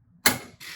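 A Jandy iAquaLink TCXP relay control board is pushed, upside down, onto the hook of a T104M pool time-clock enclosure. A single sharp snap at 0.3 s is followed by a softer rustle from about 0.6 s. The board seats with no problems.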